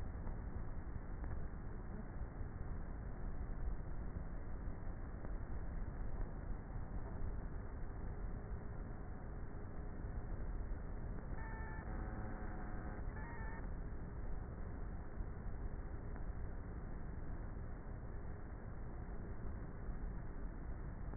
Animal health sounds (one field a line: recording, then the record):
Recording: honeybee colony, microphone inside the hive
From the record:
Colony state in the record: queenless with a low population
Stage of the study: before two queens were removed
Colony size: about 30,000 bees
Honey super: no